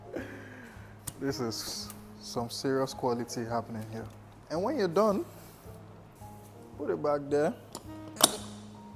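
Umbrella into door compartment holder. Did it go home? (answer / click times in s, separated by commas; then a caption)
yes / 8.2 s. A closed umbrella is pushed back into its compartment holder in the door of a 2022 Rolls Royce Cullinan Black Badge while someone talks over background music. A sharp click at 8.2 s marks the umbrella latching into place, seated in the door holder.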